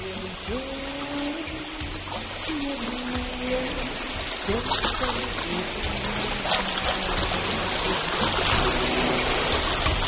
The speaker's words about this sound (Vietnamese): Buồm căng gió, con thuyền tiến dần rồi rẽ nước chui về phía trước. Tiếng bì mịch của sóng nước vỗ vào mạn thuyền nghe mơ hồ như dư âm của bạc thuyền trăng vương vãi vào gió mặn.